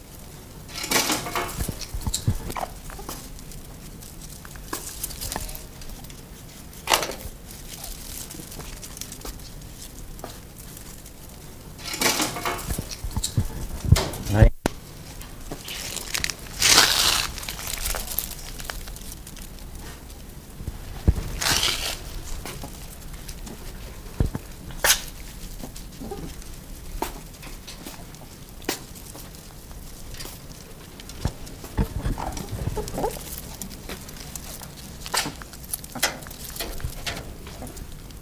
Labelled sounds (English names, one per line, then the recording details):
Meerkat call
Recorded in captivity
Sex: group
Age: adult
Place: Zoo Halle, Sachsen-Anhalt, DE
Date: 2001-04-09 15:30
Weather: fair, ca. 15°C
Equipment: Nagra SN, Kopie Uher 4000 Report Monitor
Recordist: Tembrock, Günter
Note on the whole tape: Gruppe: im Ausweichquartier im Keller des Aquarium (direkt bei den Tieren): diverse Laute